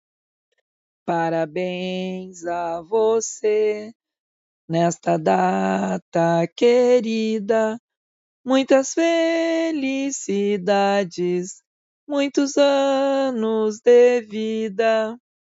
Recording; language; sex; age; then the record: short text; Brazilian Portuguese; female; 50 to 59 years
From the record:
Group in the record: control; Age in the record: 51 years